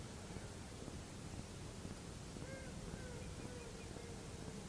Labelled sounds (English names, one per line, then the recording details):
Mallard
Eurasian Whimbrel
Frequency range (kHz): Mallard 0.4-2.2 kHz; Eurasian Whimbrel 2.3-2.6 kHz
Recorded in France